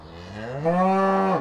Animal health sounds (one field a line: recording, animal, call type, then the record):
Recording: contact call of a hoofed animal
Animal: cattle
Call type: low-frequency (closed-mouth) or high-frequency (open-mouth) call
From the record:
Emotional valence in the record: negative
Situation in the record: separation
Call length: 1.41 s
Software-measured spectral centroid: 1200 Hz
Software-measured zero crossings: 1440 a second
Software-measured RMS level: -23 dBFS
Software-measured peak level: -10 dBFS